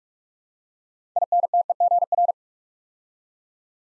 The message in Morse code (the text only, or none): INTEGR